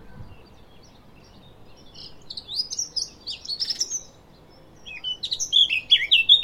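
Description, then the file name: Eurasian blackcap singing two warbled phrases of mixed scratchy and clearer notes, the second rising to louder, fuller tones. "Sylvia atricapilla"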